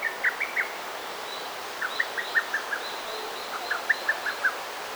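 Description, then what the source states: Bird chirping in short clusters of sharp, bright notes, three bursts of quick repeated chirps over steady background hiss. Garden birds chirping.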